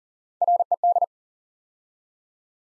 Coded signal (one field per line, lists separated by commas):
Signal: Morse code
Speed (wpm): 42 wpm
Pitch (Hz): 700 Hz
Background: none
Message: RED